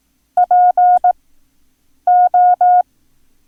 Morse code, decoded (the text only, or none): PO